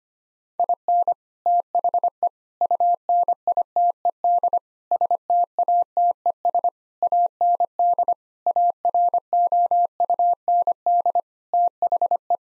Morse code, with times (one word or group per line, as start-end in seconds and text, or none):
0.6-1.1 IN
1.5-2.3 THE
2.6-4.6 UNITED
4.9-6.7 STATES
7.0-8.1 AND
8.5-11.2 AROUND
11.5-12.4 THE